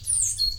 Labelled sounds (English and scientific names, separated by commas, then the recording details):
Stitchbird (Notiomystis cincta) song
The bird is a male
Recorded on Tiritiri Matangi Island, New Zealand, in 2005
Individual 22, of nest box 31